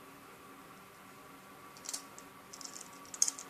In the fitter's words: is now locked into place and then